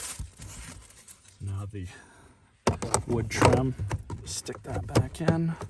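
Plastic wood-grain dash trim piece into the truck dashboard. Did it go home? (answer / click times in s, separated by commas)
no / none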